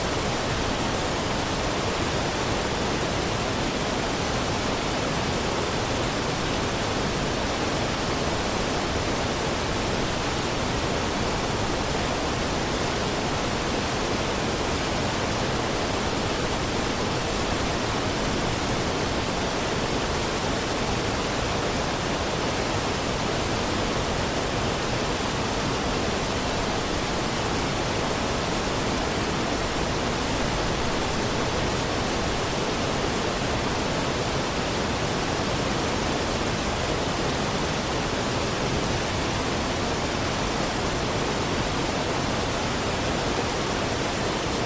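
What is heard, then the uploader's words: A forest waterfall pours in a dense, unbroken rush that stays level for the whole stretch, with no pauses or swells. The roar is full, spread from a low rumble up to a bright hiss, and no other sounds stand out over it. Chill Out by Forest Waterfall.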